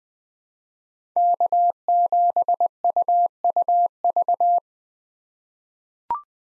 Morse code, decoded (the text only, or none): K7UUV